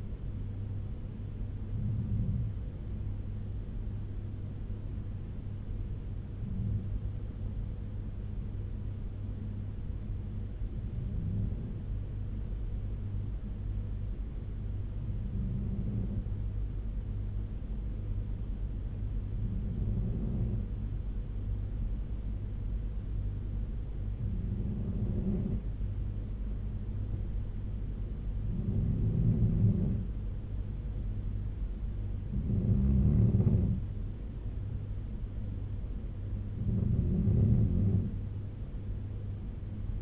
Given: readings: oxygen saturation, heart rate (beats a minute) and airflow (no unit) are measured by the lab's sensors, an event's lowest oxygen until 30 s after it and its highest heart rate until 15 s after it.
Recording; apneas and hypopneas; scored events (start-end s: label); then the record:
breathing in sleep by a smartphone at the bedside; 1
8.00-29.30 s: hypopnea (N2, oxygen 97% highest, then 93% lowest, heart rate 71 at the start, 79 highest)
From the record:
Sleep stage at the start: N2 (light sleep); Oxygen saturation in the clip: 93 to 97%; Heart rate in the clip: 70 to 79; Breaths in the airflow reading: 9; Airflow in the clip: -4.6 to 4.0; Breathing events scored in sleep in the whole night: 201 in 6.5 hours asleep